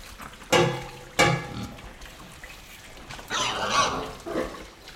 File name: pigs movement wet mud inside shed with grunts